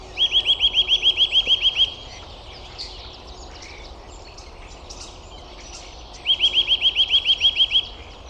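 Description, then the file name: Eurasian nuthatch giving two quick series of about a dozen bright, rising piped notes each, separated by a few seconds of faint high chirping. "Sitta europaea"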